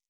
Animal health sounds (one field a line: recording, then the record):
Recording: hydrophone in a shrimp aquaculture tank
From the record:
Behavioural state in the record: stressed